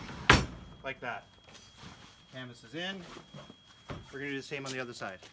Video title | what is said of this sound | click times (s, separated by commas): Closing down the tent trailer | it up tuck it in and now I cursed all the way back and you'll hear it clunk when it gets all the way back like | 0.3 s